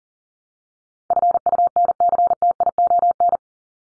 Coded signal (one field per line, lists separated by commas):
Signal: Morse code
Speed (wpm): 40 wpm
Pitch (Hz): 700 Hz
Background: none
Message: FUNCTION